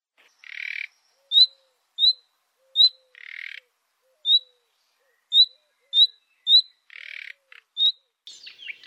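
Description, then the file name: Common nightingale calls: short, sharp high whistled notes repeated irregularly, mixed with low rasping, croaking bursts, separated by brief silences. "Rossignol philomele"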